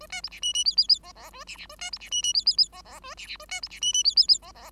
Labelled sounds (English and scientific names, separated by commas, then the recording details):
Bengalese Finch (Lonchura striata domestica) song
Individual Bird5